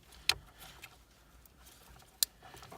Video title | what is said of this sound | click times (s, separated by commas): Demontage/branchement rns510 Volkswagen polo just4car | il faut bien que ça clipse. | 0.3 s, 2.2 s